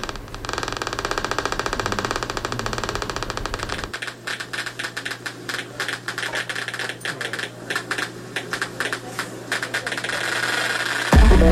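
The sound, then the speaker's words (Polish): Electric signals of a Peters's elephantnose fish, a fish with a short black trunk, rendered as sound: a rapid, irregular stream of sharp, dry clicks, much like fast typing, running continuously over a steady low hum, with no voices. “Bo to jest ryba, która ma trąbę, nie taką jak słoń, taką króciutką czarną i gada.”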